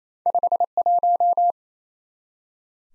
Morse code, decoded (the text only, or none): 51